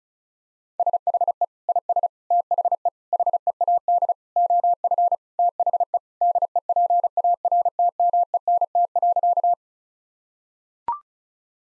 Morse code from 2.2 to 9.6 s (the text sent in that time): THE HEAD OF THE DEPARTMENT.